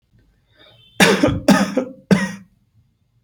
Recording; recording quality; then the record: heavy voluntary cough; excellent, no background noise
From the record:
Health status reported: healthy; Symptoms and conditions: none ticked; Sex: male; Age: 25 years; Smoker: not ticked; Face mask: not worn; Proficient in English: yes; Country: India